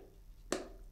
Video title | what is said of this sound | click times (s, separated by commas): Review of the excellent Nitecore T4K 4000 lumen | You can see here there are two magnets, which makes the lock lid snap in place. | 0.5 s